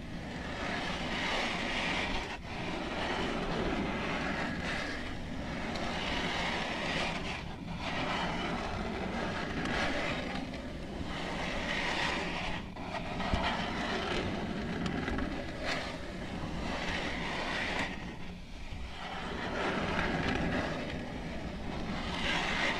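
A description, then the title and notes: Long nails scratch continuously, making a dense, rough, steady texture with a low rumble underneath. Brighter scratching swells return every few seconds in a slow, regular rhythm, with a few sharp taps, and the loudness stays even throughout. Soothing and relaxing slow, rhythmic long nail tapping and scratching ASMR sounds.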